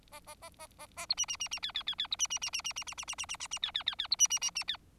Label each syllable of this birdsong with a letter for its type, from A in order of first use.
A A A A A A B C C C C D D D D B C C C C C C C C C C C C C D D D D B C C C C D